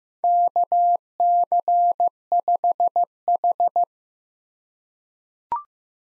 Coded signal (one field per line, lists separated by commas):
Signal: Morse code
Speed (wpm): 15 wpm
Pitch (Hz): 700 Hz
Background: none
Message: KC5H